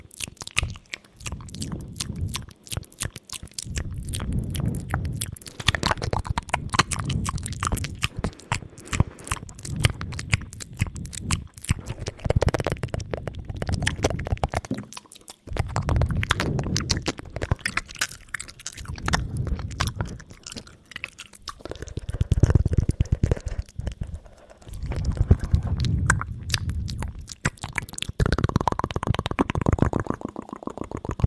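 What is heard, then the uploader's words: Wet and dry mouth sounds with cupped hands, dense clicks and smacks over low muffled swells, pausing briefly around fifteen seconds. ASMR extremly sensitive cupped mouth sounds ( wet & dry ).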